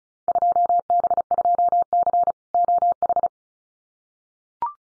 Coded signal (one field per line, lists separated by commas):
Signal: Morse code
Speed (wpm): 36 wpm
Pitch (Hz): 700 Hz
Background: none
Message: 2B2C OH